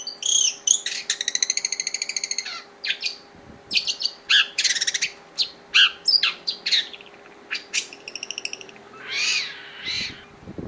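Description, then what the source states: Long-tailed shrike song: a varied medley of rapid buzzy trills, sharp single notes and short rattles, with a rough slurred note near the end, over a faint continuous hum. Combination song.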